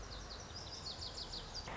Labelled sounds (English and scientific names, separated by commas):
Lazuli Bunting (Passerina amoena)